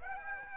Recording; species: mosquito wingbeat signal from an infrared sensor; Aedes aegypti